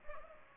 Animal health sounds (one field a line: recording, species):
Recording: mosquito wingbeat signal from an infrared sensor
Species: Culex pipiens